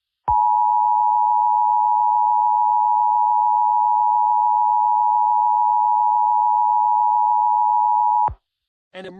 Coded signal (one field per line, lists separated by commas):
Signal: Emergency Alert System (SAME) tones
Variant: 853 and 960 Hz attention tone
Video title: Acid Rain( A Mini Eas Scenario)